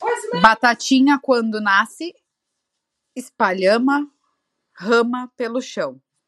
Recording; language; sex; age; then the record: short text; Brazilian Portuguese; male; 30 to 39 years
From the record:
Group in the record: control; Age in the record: 33 years